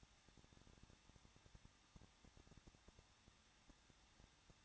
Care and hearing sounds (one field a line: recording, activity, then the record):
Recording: daily activity, microphone in the room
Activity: no activity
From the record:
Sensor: 3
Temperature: 21.2 degrees Celsius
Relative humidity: 36.3%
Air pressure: 1006.3 hPa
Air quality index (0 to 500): 221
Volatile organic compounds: 41 ppm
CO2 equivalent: 3158 ppm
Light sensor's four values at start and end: 2/3/2/2 and 2/3/2/2